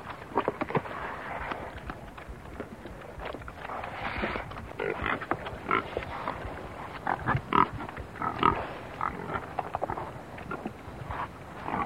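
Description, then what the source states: Pigs grunting in a busy, overlapping stream of short snorts, broken by brief sharp squeals that flare up repeatedly. Several hogs grunting and squealing.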